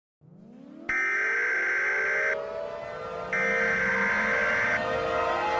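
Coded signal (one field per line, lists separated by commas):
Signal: Emergency Alert System (SAME) tones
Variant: header bursts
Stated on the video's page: Fictional tsunami alert scenario made with valid emergency alert tones.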